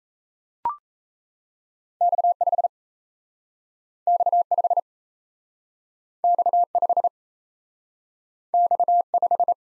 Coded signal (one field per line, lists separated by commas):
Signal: Morse code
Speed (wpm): 37 wpm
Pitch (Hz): 700 Hz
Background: none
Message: X5 X5 X5 X5